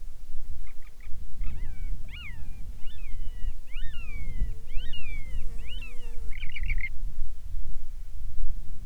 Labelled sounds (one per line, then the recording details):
seabird
insects
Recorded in the Arctic National Wildlife Refuge, Alaska, on 7 July 2019 at 18:52
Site 41